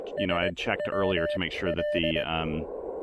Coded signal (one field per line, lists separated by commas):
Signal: Morse code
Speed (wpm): 19 wpm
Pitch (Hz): 590 Hz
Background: speech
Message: SWL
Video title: Pairing the Elecraft KX1 and PackTenna 20M EFHW at South Mountains State Park!